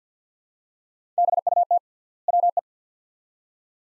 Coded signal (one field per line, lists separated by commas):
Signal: Morse code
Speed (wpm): 50 wpm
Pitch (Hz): 700 Hz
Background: none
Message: BUT WE